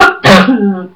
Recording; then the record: coughing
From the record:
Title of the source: Barking cough - # 10